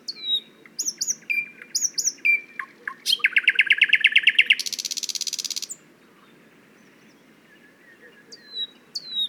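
Thrush nightingale phrase: repeated high whistles, then a fast series of loud clicks running into a long buzzy trill, then silence before whistles resume.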